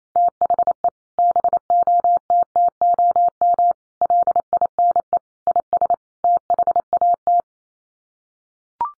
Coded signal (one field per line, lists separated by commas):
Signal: Morse code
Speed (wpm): 28 wpm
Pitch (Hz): 700 Hz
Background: none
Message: THE BOTTOM LINE IS THAT